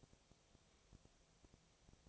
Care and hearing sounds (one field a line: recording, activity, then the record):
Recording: daily activity, microphone in the room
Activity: no activity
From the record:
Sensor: 1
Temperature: 19.6 degrees Celsius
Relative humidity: 36.5%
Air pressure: 997.0 hPa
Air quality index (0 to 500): 204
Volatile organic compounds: 129 ppm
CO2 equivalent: 3921 ppm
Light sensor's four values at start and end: 1/2/1/1 and 1/2/1/1